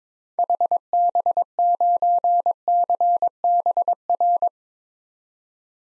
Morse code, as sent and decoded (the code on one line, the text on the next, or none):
.... -... ----. -.-. -... .-.
HB9CBR